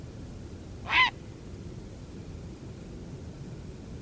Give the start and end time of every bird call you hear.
[0.83, 1.10] Grey Heron

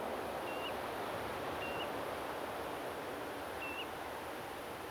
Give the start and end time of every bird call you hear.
[0.47, 0.71] Common Ringed Plover
[1.62, 1.85] Common Ringed Plover
[3.61, 3.84] Common Ringed Plover

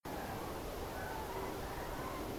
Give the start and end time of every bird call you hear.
[0.10, 0.55] Common Crane
[0.92, 2.24] Common Crane

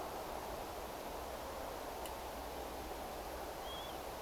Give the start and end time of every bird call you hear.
[3.63, 3.96] Northern Lapwing

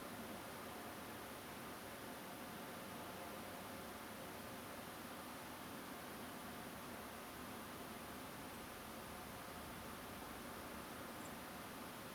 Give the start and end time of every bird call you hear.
[8.53, 8.56] Song Thrush
[11.20, 11.27] Song Thrush

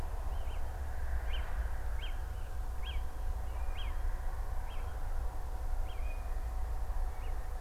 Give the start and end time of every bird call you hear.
[0.28, 0.57] Little Owl
[1.28, 1.42] Little Owl
[1.99, 2.50] Little Owl
[2.82, 2.96] Little Owl
[3.37, 3.91] Little Owl
[4.63, 4.83] Little Owl
[5.85, 6.15] Little Owl
[7.11, 7.32] Little Owl

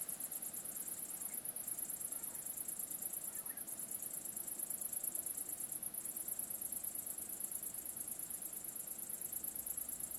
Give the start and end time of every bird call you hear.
[3.35, 3.62] Common Quail

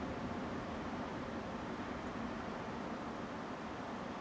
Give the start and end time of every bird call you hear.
[2.06, 2.09] Song Thrush

